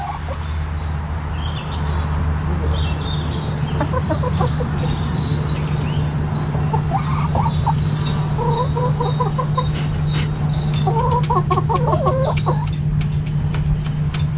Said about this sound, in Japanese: イギリスで出会ったニワトリちゃんです。